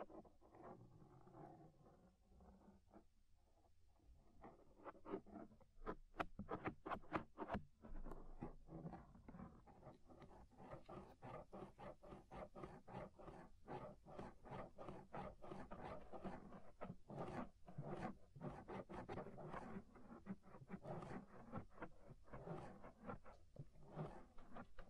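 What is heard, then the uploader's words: Ear scraping sounds fill the clip, a dense stream of short scratchy strokes and crackles. The first few seconds are quieter with a low rumbling texture, then rapid irregular scrapes pick up around five seconds and continue fairly steadily, with occasional sharper bursts. Inner and Outer Ear Scraping (No Talking).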